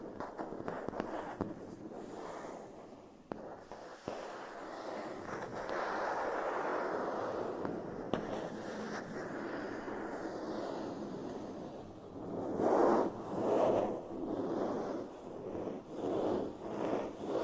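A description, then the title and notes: Matte plastic is scratched in a steady, dense rasp that fills most of the clip, with sharp little clicks scattered through the first few seconds. From about 12 seconds on, louder, scratchy taps come in uneven bursts, fairly bright. TimASMR-Matte Plastic Scratching & Scratchy Tapping (NO TALKING).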